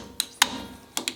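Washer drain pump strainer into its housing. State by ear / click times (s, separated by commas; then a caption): seated / 0.4 s, 1.1 s. The cleaned plastic drain pump strainer of a Samsung front-load washer is turned clockwise by hand until snug in its housing, giving a few short, sharp plastic ticks. Clicks at 0.4 s and 1.1 s mark it seating fully home.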